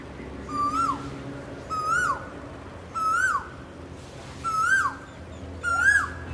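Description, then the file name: Asian koel calling: five loud notes that rise then drop sharply, repeated about every 1.3 seconds. Calling to find a mate. "นกกาเหว่าร้องหาคู่"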